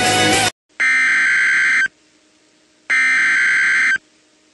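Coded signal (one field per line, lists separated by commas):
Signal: Emergency Alert System (SAME) tones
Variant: header bursts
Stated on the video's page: Severe thunderstorm warning captured from an internet EAS stream.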